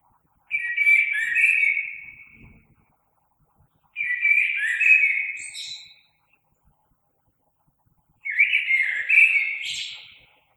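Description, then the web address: Common blackbird song: three mellow whistled phrases about two seconds long, each closing with a thin twitter, spaced by short silences. Recorded 3 March 2020. "oiseaux Merle 2020 03 03"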